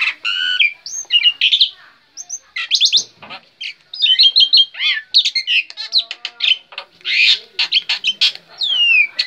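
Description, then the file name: Black-winged myna song: mixed whistles, downslurred notes, rasping squawks and rapid clicking chatter in irregular bursts. Indonesian name jalak putih; bird described as gacor, singing constantly. "suara jalak putih gacor"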